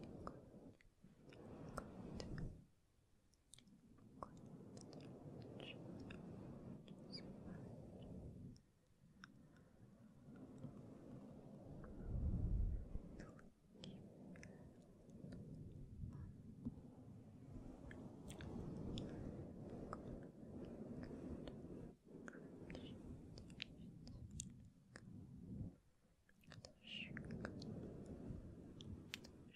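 Soft, inaudible whispering runs in breathy bursts with brief pauses, dotted with crisp mic touches and one deep thump near twelve seconds.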